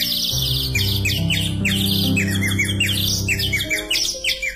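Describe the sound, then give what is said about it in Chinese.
A nightingale sings a rapid series of bright, high chirps and trills over a steady low musical drone that fades out near the end, leaving the birdsong alone. “现在人们的注意力都集中在那只人造小鸟的身上，谁也没有注意到真正的夜莺已经飞出窗户，回到它的树林里去了。”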